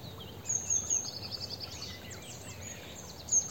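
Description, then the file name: Eurasian blue tit call: high thin notes sliding into a buzzy trill, then fainter squeaky notes, and a new high call starting at the end, over background hiss. "Cyanistes caeruleus"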